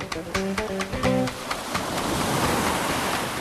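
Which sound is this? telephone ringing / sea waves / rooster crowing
sea waves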